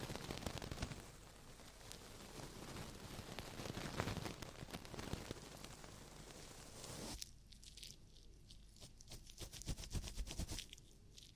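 Ear cleaning sounds: dense, rough scratching and rustling fill the first seven seconds, bright and crackly across the range. Around seven seconds it thins abruptly to sparser, sharp clicks and crunchy scrapes with quieter gaps, continuing irregularly to the end.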